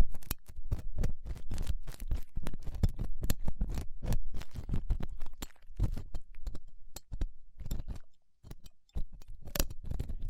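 Dense, irregular scratching and rubbing from ear cleaning with latex gloves, a dental pick and cotton swabs, in quick crisp bursts with a soft low rumble beneath. The activity runs nearly continuously, thinning briefly around seven and again near eight to nine seconds.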